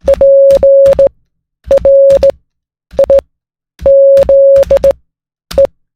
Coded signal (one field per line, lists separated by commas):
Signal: Morse code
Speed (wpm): 18 wpm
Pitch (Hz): 550 Hz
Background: none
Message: PRIZE